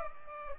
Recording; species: mosquito wingbeat signal from an infrared sensor; Aedes aegypti